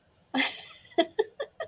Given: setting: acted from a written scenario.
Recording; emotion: vocal sound without words; amusement